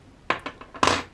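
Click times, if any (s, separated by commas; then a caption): 0.3 s, 0.8 s. During reassembly of a Norinco 1911A1 pistol, the steel barrel bushing is rotated back over the recoil spring plug in the slide until it locks. Sharp metallic clicks are heard at 0.3 s and 0.8 s, with two fainter ticks at about 0.5 s and 0.6 s between them. The bushing is seated in its locked position.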